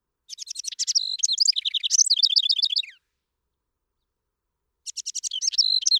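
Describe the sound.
House wren singing: a long, fast, jumbled trill of chattering notes, then a pause and the start of another phrase.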